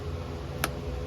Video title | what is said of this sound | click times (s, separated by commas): Chevy 2500HD fuel pump with the new plug and a filter. This is the easiest way to do replace it. | listen for the click it's got a click | 0.6 s